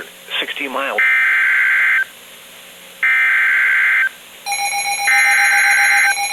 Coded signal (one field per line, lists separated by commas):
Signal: Emergency Alert System (SAME) tones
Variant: header bursts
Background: speech